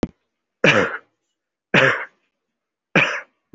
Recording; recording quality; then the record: heavy voluntary cough; excellent, no background noise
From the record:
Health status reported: respiratory illness, not identified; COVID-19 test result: negative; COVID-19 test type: RT-PCR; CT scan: taken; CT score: 0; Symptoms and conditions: another respiratory illness, another condition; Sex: male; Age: 19 years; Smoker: no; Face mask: worn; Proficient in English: yes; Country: India